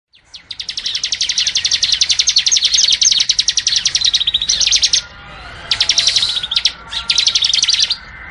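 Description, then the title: Bar-winged prinia song: sustained, very rapid high chirping trills, loud and buzzy, running in long blocks with a couple of brief pauses. Training (master) recording from 2019 featuring two varieties, semi and crystal. "Masteran 2019 Cisem Ciblek Semi Dan Cikris Ciblek Kristal"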